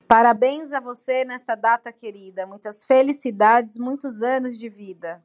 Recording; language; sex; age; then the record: short text; Brazilian Portuguese; female; 30 to 39 years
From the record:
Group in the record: control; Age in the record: 35 years